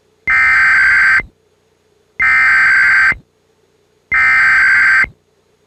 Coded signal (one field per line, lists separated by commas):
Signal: Emergency Alert System (SAME) tones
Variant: header bursts